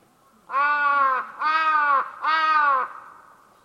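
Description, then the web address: Bird giving three long, drawn-out, harsh caws of even length in quick succession. "cianscape. Deverinetal 2025. Bird Only"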